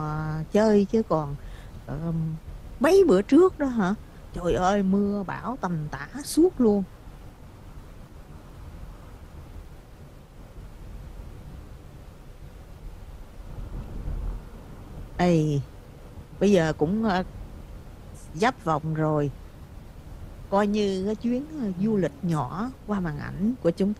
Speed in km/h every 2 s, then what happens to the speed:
58, 60, 60, 60, 60, 58, 58, 60, 64, 63, 64, 63.
0-13 steady at about 60. 13-16 speeds up to 64. 16-24 steady at about 63.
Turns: none.